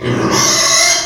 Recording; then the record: squeal of a Yucatan mini pig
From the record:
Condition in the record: before surgery on the right vocal fold (resection and tissue-engineered implant); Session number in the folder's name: 2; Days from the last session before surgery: 0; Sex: male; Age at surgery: 12 weeks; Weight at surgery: 13 kg